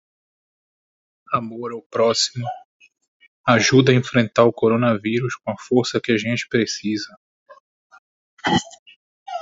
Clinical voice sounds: spoken sentence; Brazilian Portuguese; male; 20 to 29 years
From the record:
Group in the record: control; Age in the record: 22 years

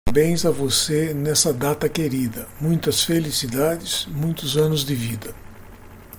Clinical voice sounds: short text; Brazilian Portuguese; male; 60 to 69 years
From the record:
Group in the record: control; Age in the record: 64 years

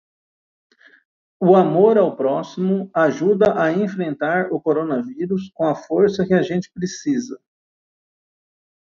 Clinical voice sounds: spoken sentence; Brazilian Portuguese; male; 50 to 59 years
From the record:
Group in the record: control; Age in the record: 50 years

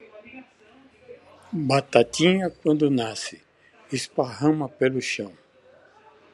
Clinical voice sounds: short text; Brazilian Portuguese; male; 70 to 79 years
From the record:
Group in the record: control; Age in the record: 77 years

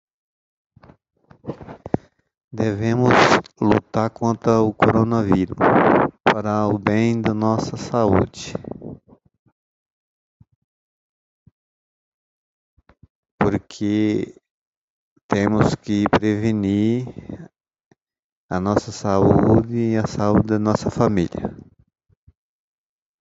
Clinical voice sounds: spoken sentence; Brazilian Portuguese; male; 50 to 59 years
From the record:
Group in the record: control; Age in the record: 53 years

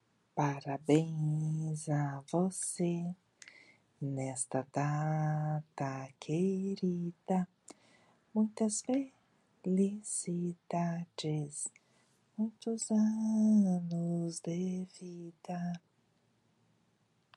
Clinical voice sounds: short text; Brazilian Portuguese; female; 50 to 59 years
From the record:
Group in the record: control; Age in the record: 53 years

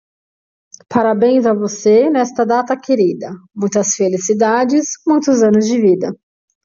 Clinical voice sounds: short text; Brazilian Portuguese; female; 30 to 39 years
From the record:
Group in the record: control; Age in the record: 33 years

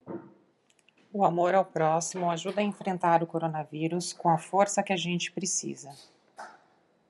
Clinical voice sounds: spoken sentence; Brazilian Portuguese; female; 40 to 49 years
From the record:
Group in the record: control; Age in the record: 42 years

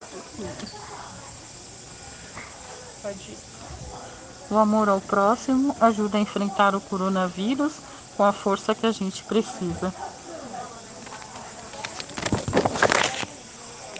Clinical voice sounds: spoken sentence; Brazilian Portuguese; female; 40 to 49 years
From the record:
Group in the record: respiratory insufficiency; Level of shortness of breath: 5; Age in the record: 45 years

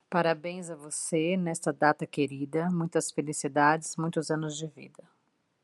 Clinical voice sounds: short text; Brazilian Portuguese; female; 40 to 49 years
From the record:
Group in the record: control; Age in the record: 45 years

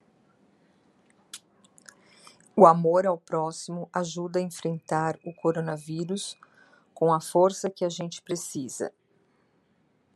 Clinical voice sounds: spoken sentence; Brazilian Portuguese; female; 60 to 69 years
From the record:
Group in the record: control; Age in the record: 63 years

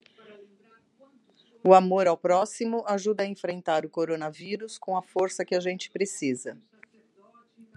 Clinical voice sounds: spoken sentence; Brazilian Portuguese; female; 50 to 59 years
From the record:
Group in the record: control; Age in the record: 59 years

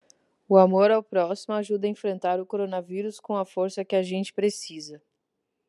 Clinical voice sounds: spoken sentence; Brazilian Portuguese; female; 30 to 39 years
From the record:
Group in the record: control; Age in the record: 37 years

